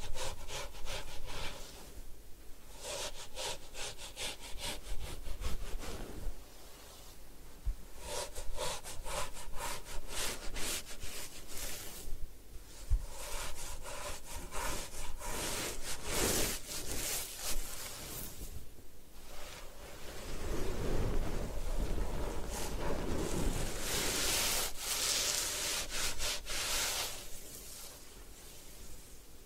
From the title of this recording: Head Spa Hair Wash, Massage, Ear Cleaning